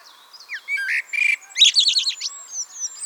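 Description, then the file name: Eurasian blackbird song: a short fluted note, then buzzy bursts and a rapid series of high looping twitters; another bird's faint thin notes run underneath. "Turdus merula"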